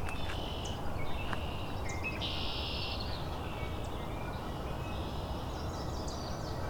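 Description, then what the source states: Red-winged blackbird song: short tonal notes followed by a buzzy, harsh trill, then further thin notes over a steady low rumble. Many red-winged blackbirds during a late wave of spring migrants in an urban nature sanctuary.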